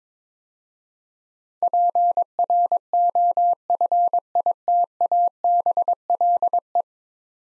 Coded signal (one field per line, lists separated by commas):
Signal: Morse code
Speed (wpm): 22 wpm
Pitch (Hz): 700 Hz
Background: none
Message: PROFITABLE